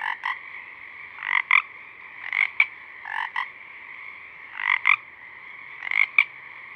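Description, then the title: Pacific chorus frog repeating short, raspy double croaks at roughly one-second intervals, with a dense frog chorus droning underneath. A few small frogs singing at dusk, recorded through a parabolic reflector. "Pacific Chorus Frogs (Pseudacris regilla), dusk, Parabolic"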